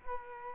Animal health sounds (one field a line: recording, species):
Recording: mosquito wingbeat signal from an infrared sensor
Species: Culex quinquefasciatus